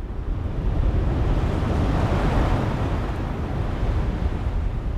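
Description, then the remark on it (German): Wind rushes steadily at night through miles of black pine forest on both sides of a castle, a continuous, even roar, deep and full with a soft airy hiss on top, holding nearly constant loudness throughout with no voices. “Und auf beiden Seiten der Burg hörten sie Meilen und Meilen schwarzer Föhrenwälder rauschen, wie düsteres Meer um einen Felsen.”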